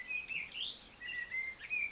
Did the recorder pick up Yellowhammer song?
no